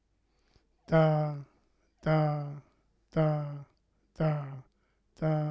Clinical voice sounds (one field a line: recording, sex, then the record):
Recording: repeated syllable /ta/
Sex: male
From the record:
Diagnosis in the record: Parkinson's disease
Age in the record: 71 years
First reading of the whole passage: 62 s, 8.3 characters per second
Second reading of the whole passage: 53 s, 9.9 characters per second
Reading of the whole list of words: 66 s, 4.2 characters per second